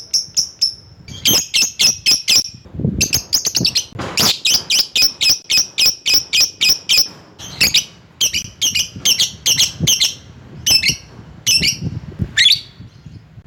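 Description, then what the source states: Lovebird giving rapid bursts of shrill, high chirps in quick irregular runs, almost continuous throughout, with brief pauses between groups. Lovebird calling a rival.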